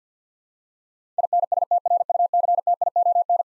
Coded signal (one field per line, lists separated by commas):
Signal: Morse code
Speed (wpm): 50 wpm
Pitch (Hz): 700 Hz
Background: none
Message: INSTRUCTION